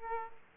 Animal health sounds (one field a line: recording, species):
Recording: mosquito wingbeat signal from an infrared sensor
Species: Aedes aegypti